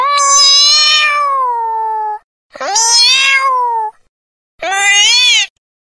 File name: Cat Meow